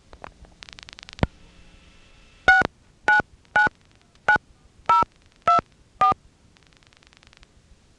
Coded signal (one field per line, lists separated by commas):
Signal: DTMF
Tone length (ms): 120 ms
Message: 6999024